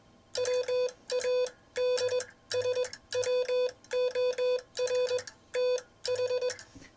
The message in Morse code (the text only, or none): WADSWORTH